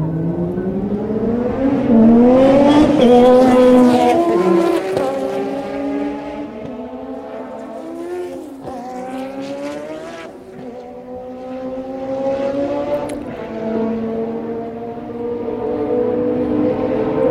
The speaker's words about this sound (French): Passage plus ou moins rapide avec des moteurs froids.